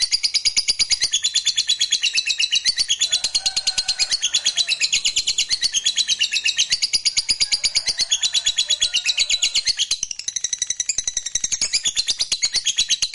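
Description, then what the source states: Lovebird singing in a rapid, high-pitched chatter of twittering and buzzy notes, continuous and energetic, with a few lower squeaky tones mixed in midway. Fighter-type lovebird singing energetically (gacor).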